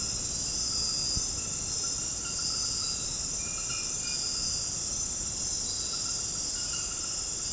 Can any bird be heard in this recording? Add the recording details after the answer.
no. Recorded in dense forest near Puerto Asís, Putumayo, Colombia, on 18 February 2024 at 23:00. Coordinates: 0.486, -76.316. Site G6437